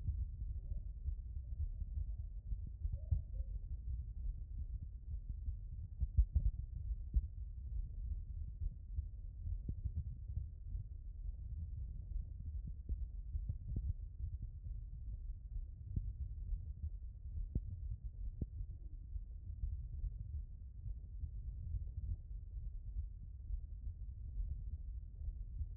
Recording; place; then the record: heart sounds by stethoscope; pulmonary valve (PV)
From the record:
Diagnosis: non-HFrEF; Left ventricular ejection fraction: 44%